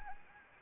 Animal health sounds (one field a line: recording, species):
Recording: mosquito wingbeat signal from an infrared sensor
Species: Anopheles gambiae